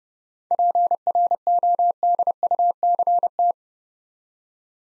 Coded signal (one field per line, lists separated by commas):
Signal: Morse code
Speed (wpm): 29 wpm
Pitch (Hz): 700 Hz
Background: none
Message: PRODUCT